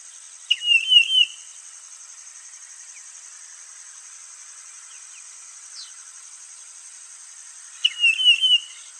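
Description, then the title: Bird song: two short warbled phrases of quick rising and falling notes, about seven seconds apart, over a constant high-pitched hiss. "LuckyPassaro Completos2Sama"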